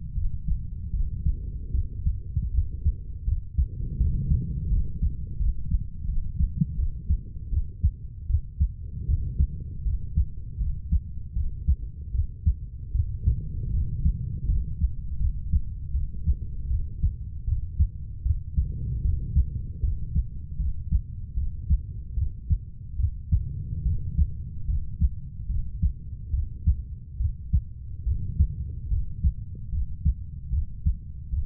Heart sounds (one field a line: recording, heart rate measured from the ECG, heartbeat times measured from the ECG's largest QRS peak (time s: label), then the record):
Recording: heart sounds by stethoscope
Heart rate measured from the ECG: 77 bpm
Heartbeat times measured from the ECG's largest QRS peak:
0.14 s: heartbeat
0.92 s: heartbeat
1.72 s: heartbeat
2.52 s: heartbeat
3.25 s: heartbeat
3.98 s: heartbeat
4.69 s: heartbeat
5.38 s: heartbeat
6.06 s: heartbeat
6.76 s: heartbeat
7.50 s: heartbeat
8.27 s: heartbeat
9.07 s: heartbeat
9.84 s: heartbeat
10.58 s: heartbeat
11.34 s: heartbeat
12.12 s: heartbeat
12.93 s: heartbeat
13.72 s: heartbeat
14.46 s: heartbeat
15.18 s: heartbeat
15.92 s: heartbeat
16.68 s: heartbeat
17.45 s: heartbeat
18.23 s: heartbeat
19.03 s: heartbeat
19.81 s: heartbeat
20.57 s: heartbeat
21.35 s: heartbeat
22.15 s: heartbeat
22.97 s: heartbeat
23.84 s: heartbeat
24.66 s: heartbeat
25.47 s: heartbeat
26.31 s: heartbeat
27.18 s: heartbeat
28.04 s: heartbeat
28.89 s: heartbeat
29.71 s: heartbeat
30.51 s: heartbeat
31.31 s: heartbeat
From the record:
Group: healthy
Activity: cold pressor test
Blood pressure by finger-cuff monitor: 115/47 mmHg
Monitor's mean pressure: 72 mmHg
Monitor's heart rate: 77 bpm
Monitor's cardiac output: 10.2 L/min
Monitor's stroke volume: 131 mL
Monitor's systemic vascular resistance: 500 dyn s/cm5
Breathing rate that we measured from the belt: 12 breaths a minute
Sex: female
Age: 32 years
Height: 168 cm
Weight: 61.9 kg